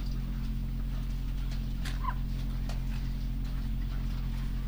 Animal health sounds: poultry house recording; sick chickens (respiratory disease)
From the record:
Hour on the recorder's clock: 2

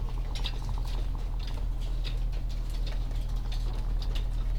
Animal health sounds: poultry house recording; sick chickens (respiratory disease)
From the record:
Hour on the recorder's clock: 17

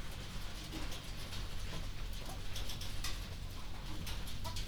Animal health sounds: poultry house recording; healthy chickens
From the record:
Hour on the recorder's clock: 0

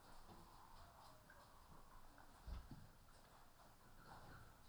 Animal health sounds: poultry house recording; healthy chickens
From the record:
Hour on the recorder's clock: 14

